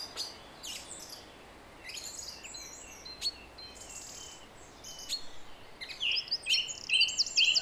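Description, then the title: Song thrush song: scattered high chirps, then a louder phrase of sharp notes repeated several times in quick succession near the end. Recorded at 06h. "Zanglijster 06h Durenne2"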